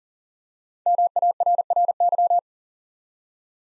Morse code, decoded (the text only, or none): MARRY